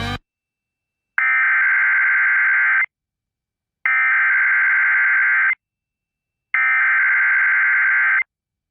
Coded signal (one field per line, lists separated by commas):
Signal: Emergency Alert System (SAME) tones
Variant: header bursts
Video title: Trouble On Both Sides | EAS Alerts from 7/10/2022 (EAS #1292-1308)